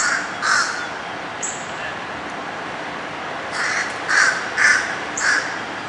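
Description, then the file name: Crows giving short harsh caws, a few scattered early on and then a run of four near the end, over steady background hiss. Crows calling at a hawk, recorded in 2006. "Crows at Law"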